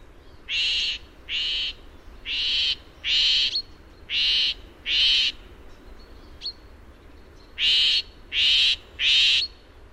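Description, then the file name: Eurasian jay screeching: a series of harsh, rasping calls, each under half a second, given in quick succession, then a pause before three more. "Garrulus glandarius"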